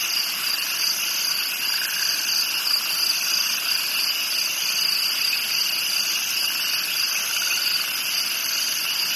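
Crickets trilling together in a dense, unbroken high-pitched shimmer of overlapping tones, with no pauses across the whole stretch.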